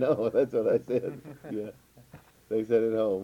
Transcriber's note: laughter